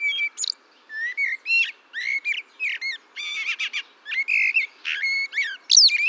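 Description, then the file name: Common blackbird song: a fast run of varied squeaky, twittering phrases and chirps with sharp high notes, continuing throughout with short gaps. "Turdus merula"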